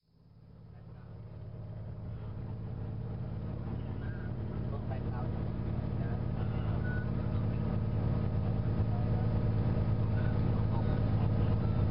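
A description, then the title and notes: Inside a train car on the way from Bangkok to Chiang Mai, a heavy, steady low rumble fades up over the first two seconds and then holds. A thin, constant whine runs above it, with faint scattered clicks and snatches of voices in the background. The sounds from inside one of the cars of the train traveling from Bangkok to Chiang Mai, Thailand. From a series of one minute sound files taken from my journey through the Near East across Asia to the Far East. Train to Chiang Mai.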